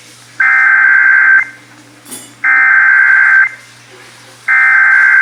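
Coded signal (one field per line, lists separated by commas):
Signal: Emergency Alert System (SAME) tones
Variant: header bursts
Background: speech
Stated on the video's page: Severe thunderstorm warning broadcast on WBAP-AM.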